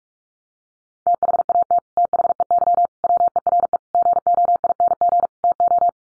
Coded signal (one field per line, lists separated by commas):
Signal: Morse code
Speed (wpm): 44 wpm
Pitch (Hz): 700 Hz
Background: none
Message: THAT THEY WERE GOING TO